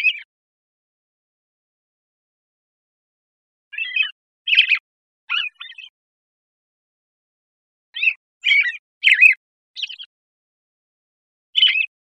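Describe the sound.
American robin giving short, sharp chirping call notes, singly and in loose clusters of three or four, separated by pauses of several seconds.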